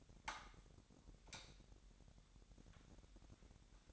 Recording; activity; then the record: daily activity, microphone in the room; light on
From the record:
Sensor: 3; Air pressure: 1011.9 hPa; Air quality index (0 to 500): 232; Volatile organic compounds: 5 ppm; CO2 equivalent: 1720 ppm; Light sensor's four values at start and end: 15/35/15/15 and 17/43/18/18